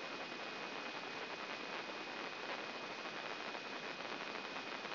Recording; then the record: brain microelectrode recording played as sound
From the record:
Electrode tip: inside the subthalamic nucleus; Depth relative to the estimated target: 0 mm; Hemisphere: left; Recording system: AlphaMap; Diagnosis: Parkinson's disease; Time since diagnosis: 11 years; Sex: male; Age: 56 years